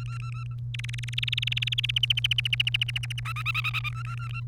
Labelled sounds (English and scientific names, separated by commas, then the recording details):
Domestic Canary (Serinus canaria) song
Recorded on 30 April 2018 at 16:22
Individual llb3